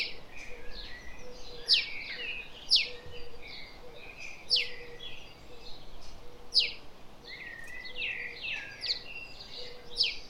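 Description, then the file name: House sparrow chirps: harsh, buzzy chirping notes repeated steadily, some overlapping, over a constant low hum and background noise. "Passer domesticus"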